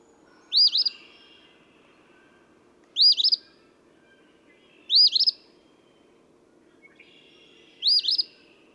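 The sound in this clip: Eastern phoebe singing four harsh two-note phrases a few seconds apart over a quiet background.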